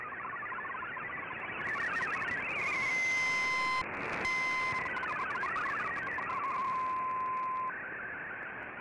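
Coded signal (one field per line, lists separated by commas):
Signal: multi-tone FSK (Olivia or MFSK type)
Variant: MFSK32 or MFSK64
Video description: Here is my decode of the Shortwave Radiogram broadcast today on 15770Khz shortwave radio at 1330UTC in MFSK32 and 64 with 11 SSTV images.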